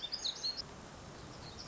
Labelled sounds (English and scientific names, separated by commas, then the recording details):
Black-throated Gray Warbler (Setophaga nigrescens)
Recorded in Sonoma County, California